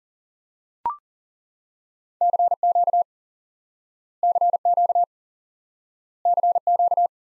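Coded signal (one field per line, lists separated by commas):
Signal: Morse code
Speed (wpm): 40 wpm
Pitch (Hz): 700 Hz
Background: none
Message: CQ CQ CQ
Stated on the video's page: Morse lesson teaching the common QSO element CQ by instant word recognition.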